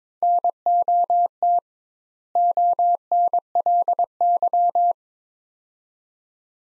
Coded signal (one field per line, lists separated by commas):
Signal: Morse code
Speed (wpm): 22 wpm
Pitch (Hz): 700 Hz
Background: none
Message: NOT ONLY